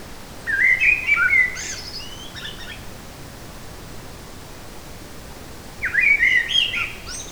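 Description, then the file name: Eurasian blackbird song: two separate fluted phrases, each ending in squeaky higher twitters, about five seconds apart, with quiet hiss between. Forest, 8 July 2018. "180708 blackbird forest"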